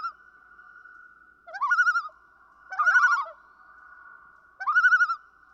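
Common loon tremolos: three quavering bursts after a cut-off one at the start, the middle one longer and doubled, spaced irregularly over a faint steady tone.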